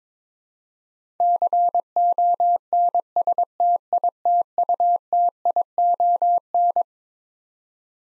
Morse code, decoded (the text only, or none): CONSTITUTION